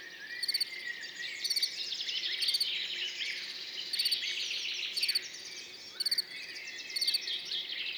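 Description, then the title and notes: Field cricket producing short trilled chirps near once per second, while many birds sing and twitter in the background. Field cricket singing continuously among orchids, Montagne du Puy, 10 June 2019, morning after a mild night; birds waking and insects warming in background; stereo recording, Nagra Seven with MKH40 microphone. "Montagne du Puy. le grillon champêtre"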